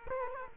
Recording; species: mosquito wingbeat signal from an infrared sensor; Culex quinquefasciatus